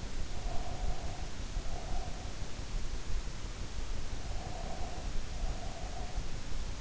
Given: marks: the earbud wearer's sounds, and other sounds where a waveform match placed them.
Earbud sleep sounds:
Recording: sounds in sleep by an in-ear microphone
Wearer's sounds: breath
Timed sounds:
0.13-2.23 s: breath
4.16-6.29 s: breath

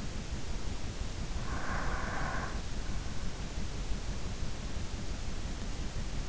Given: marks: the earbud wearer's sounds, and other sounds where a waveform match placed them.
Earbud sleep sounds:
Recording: sounds in sleep by an in-ear microphone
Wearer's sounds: breath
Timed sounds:
1.37-3.14 s: breath

